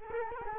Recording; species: mosquito wingbeat signal from an infrared sensor; Culex quinquefasciatus